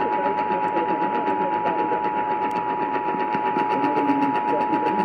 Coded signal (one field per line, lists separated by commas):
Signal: Emergency Alert System (SAME) tones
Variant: 853 and 960 Hz attention tone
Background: speech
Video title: Louisiana Required Monthly Test on WWL-AM 870 (EAS #45)